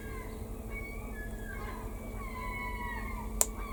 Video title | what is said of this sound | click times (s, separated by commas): 1/16 Trumpeter Panther G | Nice little click. | 3.4 s